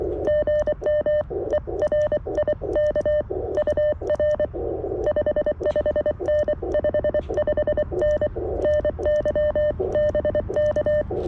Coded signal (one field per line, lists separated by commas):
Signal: Morse code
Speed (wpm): 23 wpm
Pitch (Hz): 600 Hz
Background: none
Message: GM ERIK UR 55N 55N NY BK